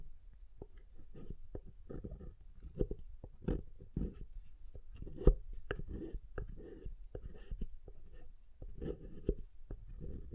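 Soft hard soap being tapped and carved, with dull thuds, scraping strokes and sharp clicks repeating unevenly, one loud crack near five seconds.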